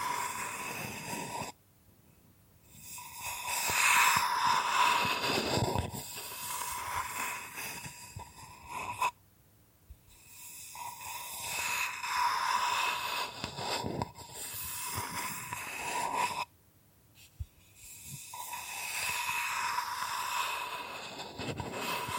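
Bamboo is scratched and brushed in dense, raspy bursts with a faint steady tone underneath, broken by brief silences near 2, 9 and 17 seconds.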